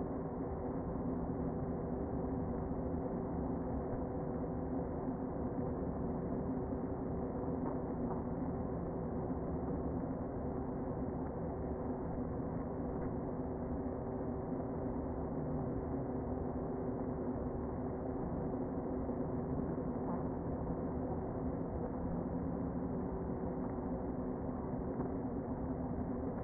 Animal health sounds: honeybee colony, microphone inside the hive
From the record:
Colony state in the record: queen present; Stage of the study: before two queens were removed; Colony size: about 60,000 bees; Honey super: yes

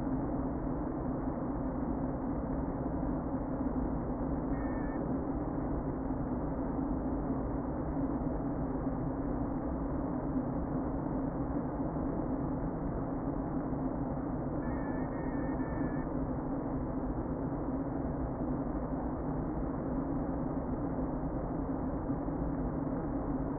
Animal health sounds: honeybee colony, microphone inside the hive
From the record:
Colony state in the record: queen present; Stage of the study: before two queens were removed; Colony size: about 60,000 bees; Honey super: yes

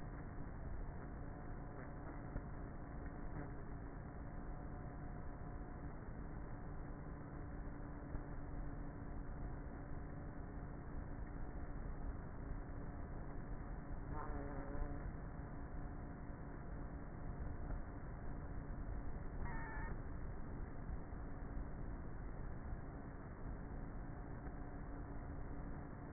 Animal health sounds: honeybee colony, microphone inside the hive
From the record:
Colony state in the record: queenless with a low population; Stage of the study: before two queens were removed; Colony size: about 30,000 bees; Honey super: no

